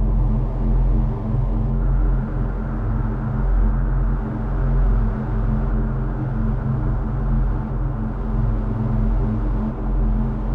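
A steady, dense low hum of a ship cabin, like machinery droning through the walls, with layered deep tones and a faint hiss above. The level holds nearly constant, with slight swells roughly every two seconds and no distinct events.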